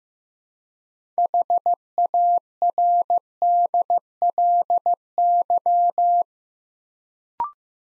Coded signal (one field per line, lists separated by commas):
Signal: Morse code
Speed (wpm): 15 wpm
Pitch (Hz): 700 Hz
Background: none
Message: HARDLY